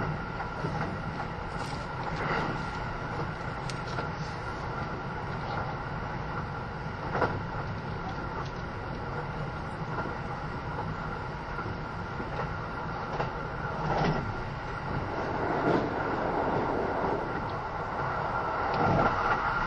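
Onboard a Kintetsu 80000 series Hinotori limited express, a steady low rumble and hum of the running train fill the whole stretch. Brief clicks and knocks from the rails cut through every few seconds, around 2, 7, 14 and 19 seconds.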